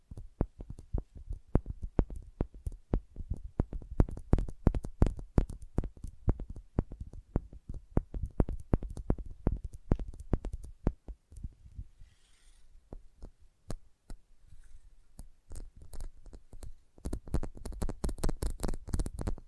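Sensitive tapping in quick, uneven bursts of sharp clicks, each with a soft low thump beneath it. The taps come densely for the first eleven seconds, thin out and soften around the middle, then grow thick and bright again toward the end.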